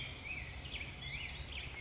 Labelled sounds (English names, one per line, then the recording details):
Black-headed Grosbeak
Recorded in Sonoma County, California